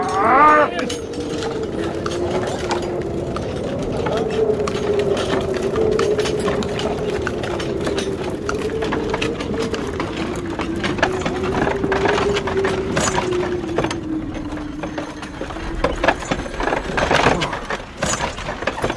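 A horse strains to pull a stuck cart during a storm, giving a long, low, wavering groan lasting many seconds, while wooden creaks, knocks and a few hoof clops sound over a steady rushing, gusty noise.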